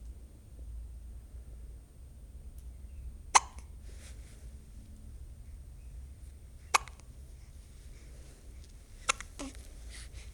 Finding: Baby Hiccups.